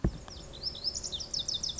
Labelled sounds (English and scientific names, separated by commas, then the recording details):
Lazuli Bunting (Passerina amoena)
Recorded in Sonoma County, California